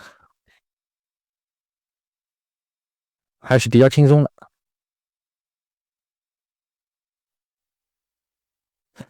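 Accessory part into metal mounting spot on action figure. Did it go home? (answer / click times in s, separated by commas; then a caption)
yes / 4.4 s. A small accessory part is lined up with a metal mounting spot on a Threezero DLX Starscream die-cast collectible figure from Transformers: Bumblebee and snapped in. Someone talks, and a short sharp click sounds at 4.4 s as the part seats in its slot.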